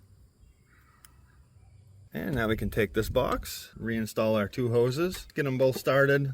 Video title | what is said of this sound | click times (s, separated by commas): Evap purge solenoid replacement 2017 - 2022 Honda CRV | Plug your electrical connector back in. Make sure you hear it clip into place. | 1.0 s